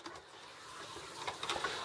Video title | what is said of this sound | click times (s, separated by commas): Ciss continuous ink system fits Epson XP-235 XP235 | listen for the clicks | 1.4 s, 1.5 s